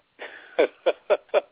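An adult with sinus problems gives a hoarse, breathy throaty sound that leads into four sharp, harsh cough bursts about a quarter-second apart, a brief, fitful coughing bout that sounds terrible. The audio is thin and muffled, like a streaming microphone.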